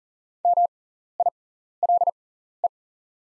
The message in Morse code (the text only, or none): MILE